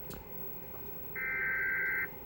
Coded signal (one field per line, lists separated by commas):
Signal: Emergency Alert System (SAME) tones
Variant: header bursts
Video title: EAS #59 - Feb 2024 Required Monthly Test